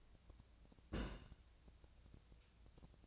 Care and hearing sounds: daily activity, microphone in the room; place on stove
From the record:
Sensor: 2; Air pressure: 999.9 hPa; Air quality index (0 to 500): 119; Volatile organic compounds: 2 ppm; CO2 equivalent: 1031 ppm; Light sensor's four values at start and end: 37/90/40/45 and 37/90/39/44

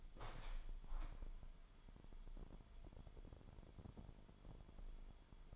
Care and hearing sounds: daily activity, microphone in the room; open window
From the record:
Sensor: 5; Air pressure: 998.0 hPa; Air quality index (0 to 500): 97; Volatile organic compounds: 2 ppm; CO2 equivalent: 1110 ppm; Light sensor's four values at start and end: 27/65/27/29 and 27/65/27/29

